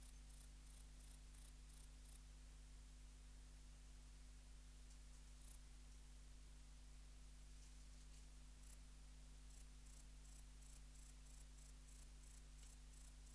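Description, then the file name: Grey bush-cricket song: bursts of very high, rapid chirps, about three a second, broken by long silent gaps, with a steady low hum throughout. "Platycleis albopunctata"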